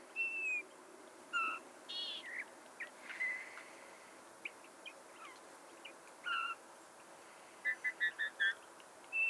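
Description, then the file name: Eurasian bullfinch calling with soft, piping whistled notes given singly with gaps, and a quick run of four short notes near the end. "Pyrrhula pyrrhula"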